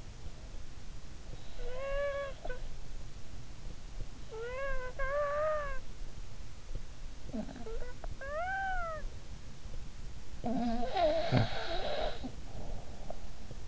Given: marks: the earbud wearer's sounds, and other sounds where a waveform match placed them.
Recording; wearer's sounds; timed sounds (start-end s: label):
sounds in sleep by an in-ear microphone; snoring breath
0.00-13.68 s: snoring breath